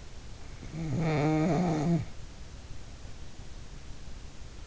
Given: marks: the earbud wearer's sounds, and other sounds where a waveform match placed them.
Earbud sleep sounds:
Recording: sounds in sleep by an in-ear microphone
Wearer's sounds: snoring breath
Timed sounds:
0.60-2.26 s: snoring breath

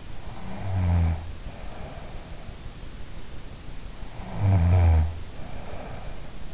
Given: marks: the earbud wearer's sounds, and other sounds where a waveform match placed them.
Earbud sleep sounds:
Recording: sounds in sleep by an in-ear microphone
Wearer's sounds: snoring breath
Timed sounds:
0.25-2.49 s: snoring breath
4.12-6.17 s: snoring breath

